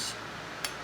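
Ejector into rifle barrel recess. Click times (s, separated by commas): 0.7 s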